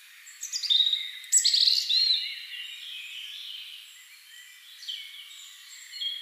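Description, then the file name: European robin song: a bright burst of tumbling high notes early on, then softer, thin wavering phrases. "Erithacus rubecula"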